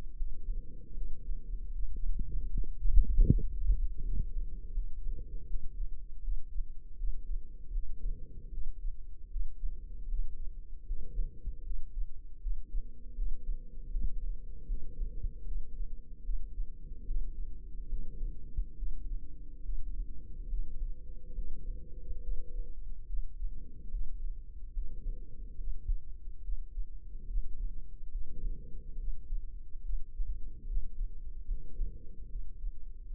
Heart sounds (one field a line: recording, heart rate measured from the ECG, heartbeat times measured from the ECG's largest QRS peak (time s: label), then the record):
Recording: heart sounds by microphone in the left ear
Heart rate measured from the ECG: 75 bpm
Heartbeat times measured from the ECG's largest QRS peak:
0.15 s: heartbeat
0.92 s: heartbeat
1.70 s: heartbeat
2.48 s: heartbeat
3.24 s: heartbeat
4.00 s: heartbeat
4.71 s: heartbeat
5.45 s: heartbeat
6.19 s: heartbeat
6.95 s: heartbeat
7.71 s: heartbeat
8.49 s: heartbeat
9.27 s: heartbeat
10.06 s: heartbeat
10.84 s: heartbeat
11.61 s: heartbeat
12.38 s: heartbeat
13.13 s: heartbeat
13.89 s: heartbeat
14.65 s: heartbeat
15.43 s: heartbeat
16.21 s: heartbeat
17.04 s: heartbeat
17.87 s: heartbeat
18.74 s: heartbeat
19.60 s: heartbeat
20.47 s: heartbeat
21.33 s: heartbeat
22.19 s: heartbeat
23.04 s: heartbeat
23.89 s: heartbeat
24.71 s: heartbeat
25.55 s: heartbeat
26.39 s: heartbeat
27.25 s: heartbeat
28.09 s: heartbeat
28.95 s: heartbeat
29.80 s: heartbeat
30.64 s: heartbeat
31.45 s: heartbeat
32.26 s: heartbeat
33.05 s: heartbeat
From the record:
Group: healthy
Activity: rest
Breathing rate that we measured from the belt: 18 breaths a minute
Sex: female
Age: 32 years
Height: 172 cm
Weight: 71.7 kg